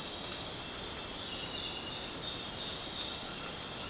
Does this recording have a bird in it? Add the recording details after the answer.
no. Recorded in dense forest near Puerto Asís, Putumayo, Colombia, on 27 June 2025 at 20:00. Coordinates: 0.484, -76.317. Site G045